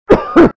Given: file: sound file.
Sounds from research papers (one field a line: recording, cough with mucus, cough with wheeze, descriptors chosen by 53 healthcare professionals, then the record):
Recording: cough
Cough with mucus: no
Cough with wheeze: yes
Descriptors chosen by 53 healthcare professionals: dry 26, wheezy 13, barking 11, productive 10, loose 8, bovine 7, brassy 5, moist 5, hoarse 5, rattling 3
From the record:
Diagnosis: asthma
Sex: male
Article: The description of cough sounds by healthcare professionals